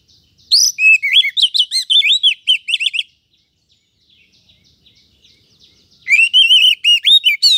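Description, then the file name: Oriental magpie-robin song: a rapid run of clear, looping whistles and sweet warbled notes for about two and a half seconds, a pause of three seconds, then another varied burst. "Suara Kacer"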